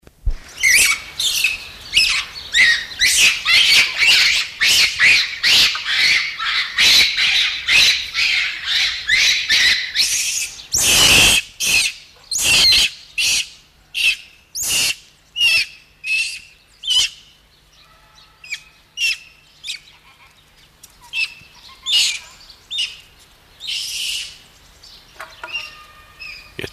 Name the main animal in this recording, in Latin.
Varecia variegata